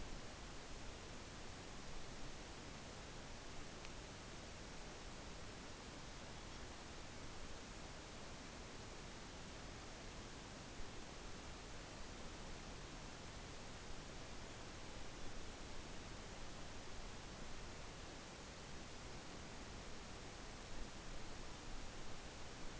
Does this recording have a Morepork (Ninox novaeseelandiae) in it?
no